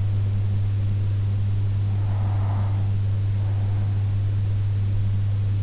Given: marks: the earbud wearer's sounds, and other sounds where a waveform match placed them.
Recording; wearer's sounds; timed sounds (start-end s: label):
sounds in sleep by an in-ear microphone; breath
1.28-3.28 s: breath